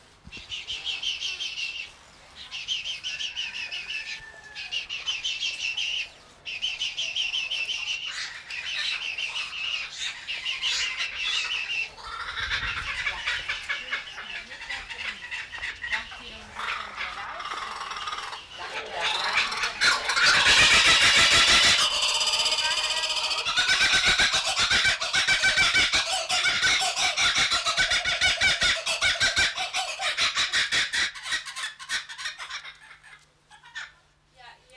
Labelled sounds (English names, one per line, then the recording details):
Little Egret
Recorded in captivity
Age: adult
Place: Zoo Augsburg, Bayern, DE
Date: 1993-09-04
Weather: 14 °C, bedeckt
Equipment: Marantz CP 430, Sennheiser MKH 416 T, Kopie Uher Variocord 263
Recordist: Tembrock, Günter